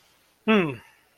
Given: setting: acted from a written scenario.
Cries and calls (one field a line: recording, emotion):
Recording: vocal sound without words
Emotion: contentment